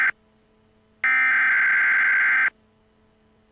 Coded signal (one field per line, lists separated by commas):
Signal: Emergency Alert System (SAME) tones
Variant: header bursts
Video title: Z25 Virus EAS Scenario